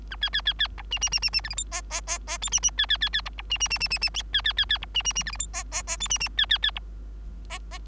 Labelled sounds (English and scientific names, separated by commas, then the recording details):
Bengalese Finch (Lonchura striata domestica) song
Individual Bird3